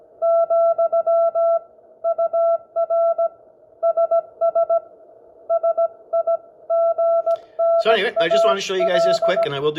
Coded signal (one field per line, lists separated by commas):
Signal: Morse code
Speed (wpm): 17 wpm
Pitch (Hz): 670 Hz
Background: speech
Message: , UR SS SIGNAL